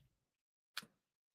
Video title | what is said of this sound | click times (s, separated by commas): Dead Transformers: The Great Toy Massacre of 1986 | nice solid click sound when those went in and then we turn Optimus around | 0.8 s